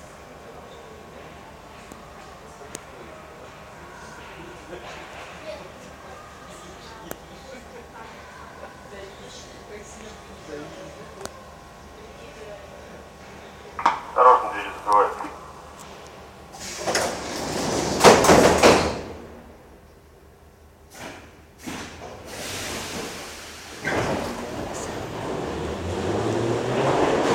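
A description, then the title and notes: A ride on a metro train, opening with a steady low rumble and faint murmuring voices. Midway, a few sharp clatters sound, then loud hissing bursts around 17 to 19 seconds and again near 24 seconds, like doors and air releasing, before the rumble builds again. St Petersburg Metro Ride. A ride in the St. Petersburg Metro.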